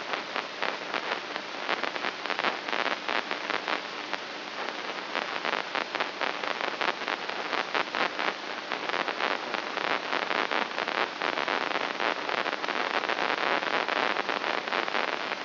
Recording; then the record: brain microelectrode recording played as sound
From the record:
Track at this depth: inside the subthalamic nucleus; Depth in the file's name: 4.585 mm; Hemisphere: left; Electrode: 3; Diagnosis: Parkinson's disease